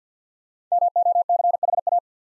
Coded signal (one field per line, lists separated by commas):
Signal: Morse code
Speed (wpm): 47 wpm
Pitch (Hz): 700 Hz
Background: none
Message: MOCHA